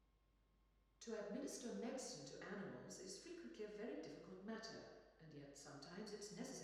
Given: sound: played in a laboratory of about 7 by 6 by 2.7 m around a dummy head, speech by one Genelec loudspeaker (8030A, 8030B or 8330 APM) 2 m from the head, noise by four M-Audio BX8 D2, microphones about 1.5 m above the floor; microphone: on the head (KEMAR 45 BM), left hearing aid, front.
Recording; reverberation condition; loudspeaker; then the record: female speech in English; high; in front (0 degrees)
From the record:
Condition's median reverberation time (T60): about 1300 ms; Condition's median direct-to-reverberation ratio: about -4.0 dB